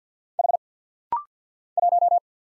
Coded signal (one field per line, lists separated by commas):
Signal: Morse code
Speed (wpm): 50 wpm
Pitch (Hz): 700 Hz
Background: none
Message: H 1